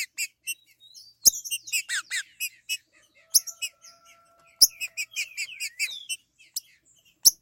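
Green-winged saltator song: bursts of rapid, bright chattering notes with sweeping slurred phrases, broken by short pauses and a few sharp clicks.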